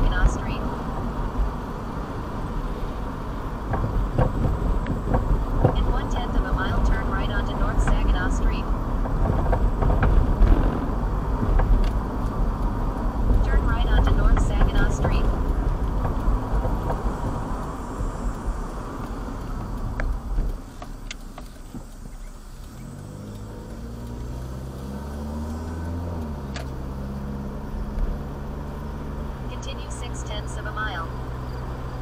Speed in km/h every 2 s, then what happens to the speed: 42, 42, 42, 44, 39, 37, 40, 39, 39, 31, 15, 10, 18, 29, 35, 40.
0-7 steady at about 42. 7-9 brakes to 37. 9-16 steady at about 39. 16-21 brakes to 10. 21-32 speeds up to 40.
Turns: 19-25.